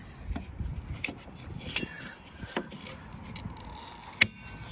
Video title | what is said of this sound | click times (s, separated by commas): Nissan Pathfinder Rear Wiper Replacement 2013-2020 | then you should be able to push it in place you can hear click in | 4.2 s